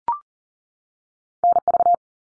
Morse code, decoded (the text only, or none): NV